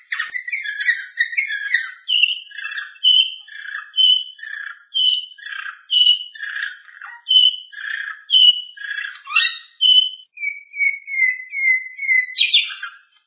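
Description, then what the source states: Bird singing a chattering song of short, varied notes in quick bursts, with several clear whistled phrases after the tenth second, all fairly high. Masteran tutor recording.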